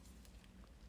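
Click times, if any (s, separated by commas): none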